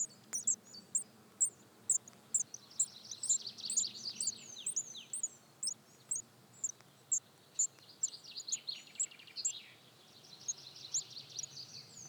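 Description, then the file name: Eurasian Blue Tit calls: thin, very high notes spaced about half a second apart, with bursts of quick descending twittering notes and a faint low hum underneath. "Cyanistes caeruleus"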